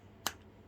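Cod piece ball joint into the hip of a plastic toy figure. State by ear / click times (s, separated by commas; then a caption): seated / 0.3 s. The cod piece of a plastic action figure is pushed onto its ball joint at the hip of the toy figure. A single sharp, bright click sounds at 0.3 s over a quiet background. The cod piece snaps into place and is seated.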